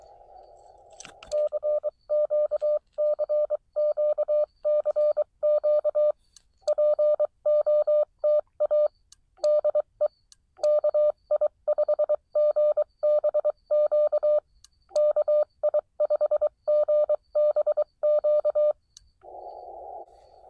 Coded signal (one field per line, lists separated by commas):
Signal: Morse code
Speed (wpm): 22 wpm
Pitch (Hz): 600 Hz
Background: radio noise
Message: CQ CQ CQ POTA DE KI5GBQ KI5GBQ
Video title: Morse Code POTA Activation 9/24/24